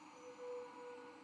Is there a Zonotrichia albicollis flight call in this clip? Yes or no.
no